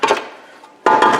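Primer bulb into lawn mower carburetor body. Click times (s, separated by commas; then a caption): 0.9 s. A plastic primer bulb is pushed with a screwdriver into the carburetor-on-tank body of a Briggs 3.5HP Pulsa Prime lawn mower carburetor. A sharp clack at 0.0 s fades into a quiet, ringing tail, then a loud, bright snap at 0.9 s is followed by dense clattering. The bulb seats in the carburetor body with the snap at 0.9 s.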